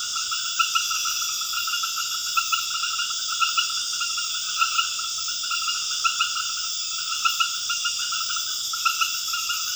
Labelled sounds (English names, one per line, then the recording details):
none
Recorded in dense forest near Puerto Asís, Putumayo, Colombia, on 9 March 2025 at 00:30
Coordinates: 0.481, -76.323
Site G088